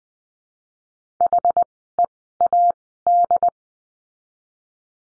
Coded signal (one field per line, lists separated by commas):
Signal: Morse code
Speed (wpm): 20 wpm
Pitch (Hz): 700 Hz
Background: none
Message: HEAD